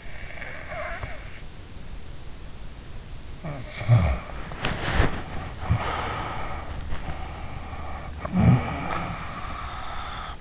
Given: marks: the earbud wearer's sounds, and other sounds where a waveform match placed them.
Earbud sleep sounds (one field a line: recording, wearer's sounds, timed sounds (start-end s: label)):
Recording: sounds in sleep by an in-ear microphone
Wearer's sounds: snoring breath, body movement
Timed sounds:
0.00-1.28 s: snoring breath
3.35-6.88 s: snoring breath
4.54-5.13 s: body movement
6.90-10.41 s: snoring breath